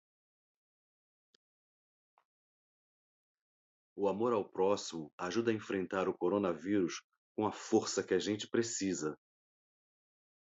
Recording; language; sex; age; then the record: spoken sentence; Brazilian Portuguese; male; 50 to 59 years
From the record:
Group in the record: control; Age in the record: 56 years